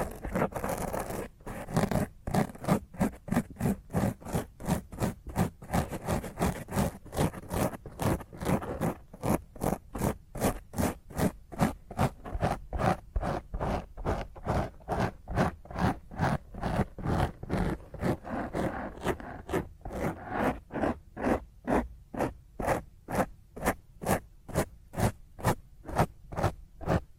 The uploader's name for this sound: Intense Rough Mic Scratch using HandNails